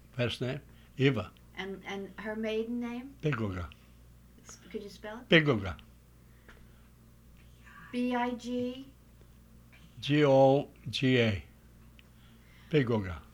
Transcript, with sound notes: First name Eva..
And her maiden name?
Biggoga.
Could you spell it?
Biggoga.
[whispers] B-I
B-I-G-
-G-O-G-A. Biggoga.